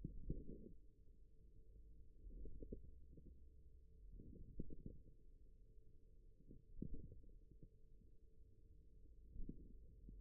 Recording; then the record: forearm muscle sounds (acoustic myography)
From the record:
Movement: radial deviation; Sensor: system 1, eight BSWA MPA416 microphones around the upper forearm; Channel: 3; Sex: male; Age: 41 years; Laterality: right